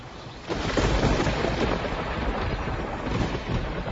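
Heavy rain pours in a dense, steady hiss while a deep roll of thunder rumbles underneath, swelling in after a quieter opening and staying loud throughout.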